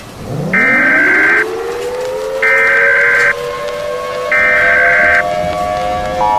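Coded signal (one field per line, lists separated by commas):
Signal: Emergency Alert System (SAME) tones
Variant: header bursts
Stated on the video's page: Mock tornado EAS alert, a user-made edit.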